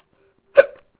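A single abrupt, voiced gulping catch about halfway through an otherwise quiet second: a sharp onset that fades quickly with a brief throaty tail. It is one hiccup from an ongoing bout in an adult, the sudden involuntary closing of the throat as the diaphragm jerks.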